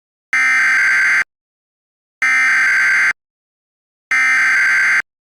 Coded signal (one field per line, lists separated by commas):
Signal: Emergency Alert System (SAME) tones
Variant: header bursts